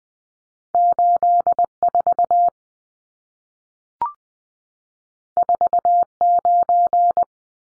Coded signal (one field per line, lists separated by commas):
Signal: Morse code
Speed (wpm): 20 wpm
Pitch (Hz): 700 Hz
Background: none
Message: 84 49